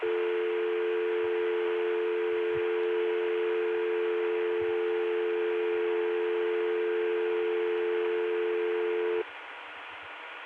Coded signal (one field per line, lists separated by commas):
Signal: telephone call progress tone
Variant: North America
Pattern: dial tone